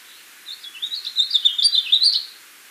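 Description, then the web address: Brown-capped vireo delivering one brisk warbled phrase of rising and falling slurred notes, about two seconds long. Ecuador. "Birds of Ecuador. Brown-capped Vireo"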